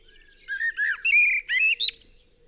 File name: Turdus merula 180718